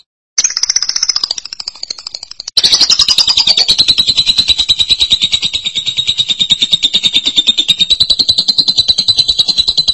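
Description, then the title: Lovebird song, an extended high rattling trill of fast regular pulses, briefly breaking off before resuming louder and continuing steadily. "Suara Burung Lovebird"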